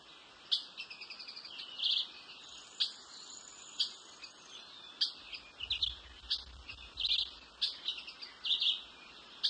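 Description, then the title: Ochre-collared piculet calls: thin, high, sharp notes repeated irregularly, sometimes in quick clusters. "LuckyPassaro Completos2Sama. Ochre-collared Piculet (Picumnus temminckii)"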